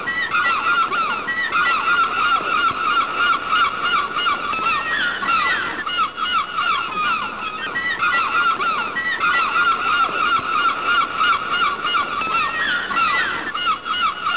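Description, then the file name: Gull flock in continuous uproar: nasal, wavering cries overlap throughout, some rising and falling, with no pause in the chatter. "seagulls"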